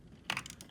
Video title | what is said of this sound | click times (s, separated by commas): Part 1 of 2 of Phantom 4 Pro & 4 Advance Obsidian Complete Rebuild | that it locks into place okay | 0.3 s